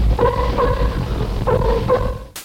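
Sea lion barking, four hoarse honking barks in two pairs about a second apart, over a steady low background rumble.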